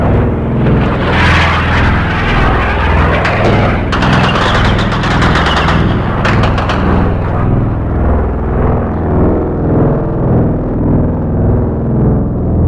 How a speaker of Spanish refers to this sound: Contestan nuestras baterías antiaéreas y se ve el refulgir de sus disparos en el aire. Un ruido que ahora se hace más intenso.